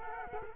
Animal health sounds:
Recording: mosquito wingbeat signal from an infrared sensor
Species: Culex quinquefasciatus

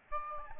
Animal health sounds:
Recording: mosquito wingbeat signal from an infrared sensor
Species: Aedes albopictus

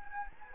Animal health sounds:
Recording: mosquito wingbeat signal from an infrared sensor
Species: Anopheles gambiae

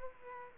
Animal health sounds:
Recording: mosquito wingbeat signal from an infrared sensor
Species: Aedes aegypti

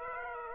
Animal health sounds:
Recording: mosquito wingbeat signal from an infrared sensor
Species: Aedes aegypti

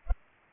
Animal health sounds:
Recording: mosquito wingbeat signal from an infrared sensor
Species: Culex pipiens

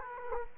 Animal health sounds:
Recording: mosquito wingbeat signal from an infrared sensor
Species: Culex quinquefasciatus

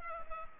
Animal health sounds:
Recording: mosquito wingbeat signal from an infrared sensor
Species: Culex pipiens

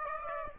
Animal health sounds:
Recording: mosquito wingbeat signal from an infrared sensor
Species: Aedes aegypti

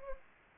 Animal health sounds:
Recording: mosquito wingbeat signal from an infrared sensor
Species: Anopheles gambiae

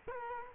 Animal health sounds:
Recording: mosquito wingbeat signal from an infrared sensor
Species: Culex quinquefasciatus

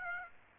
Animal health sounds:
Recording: mosquito wingbeat signal from an infrared sensor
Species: Aedes aegypti

